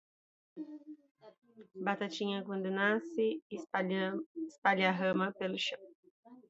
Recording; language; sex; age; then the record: short text; Brazilian Portuguese; female; 30 to 39 years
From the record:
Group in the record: control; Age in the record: 37 years